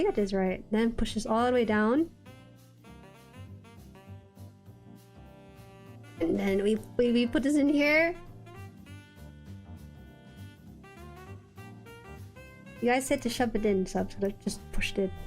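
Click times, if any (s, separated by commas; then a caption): none. A plastic part of an RG Zeta Gunpla model kit is lined up and positioned in the kit frame before being pushed home, while someone talks over soft background music. A few faint handling sounds occur, but nothing has seated or clicked yet.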